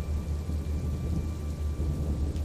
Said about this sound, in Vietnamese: bỗng dưng có một cơn gió to từ đâu thổi qua, đèn sáp bị thổi tắt, bên ngoài mưa càng lúc càng to hơn